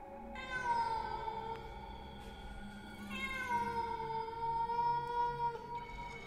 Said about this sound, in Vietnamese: Ông Thức bị con mèo đen phá rối, cầm lá bùa ném thẳng đến chỗ con mèo. Con mèo ai oán, gào lên, nhảy ngược ra đằng sau.